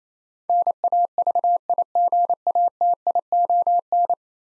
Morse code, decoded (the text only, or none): NAVIGATION